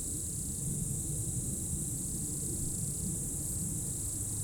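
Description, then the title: Insects in a steady high-pitched chorus, a continuous shrill hiss, with occasional buzzier bursts just below it and a low rumble underneath throughout. Insect chorus in roadside bank and trees at dusk, first hairpin bend of Col du Chat road, Bourdeau, France; plane and a few vehicles; Tascam DAP1 DAT recorder, from a CDR burned 2006. "route col du Chat, Bourdeau, France - Tutti insectes"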